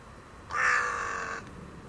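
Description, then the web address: Bird uttering a single harsh, drawn-out caw lasting nearly a second, flat in pitch, against faint background hiss. "cianscape. Deverinetal. Bird Only"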